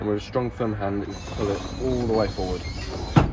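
The rear bench seat of a VW California Ocean camper van is pulled fully forward along its floor rail with a strong, firm hand to convert it into a bed while someone talks. A brief burst of noise rises near 3.2 s, but the seat latch has not yet clicked into place.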